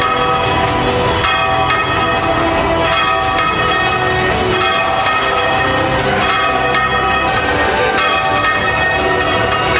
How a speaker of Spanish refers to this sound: esta noche el monaguillo está feliz y repica las campanas de la iglesia de la plaza porque está en el paraíso y con su gente.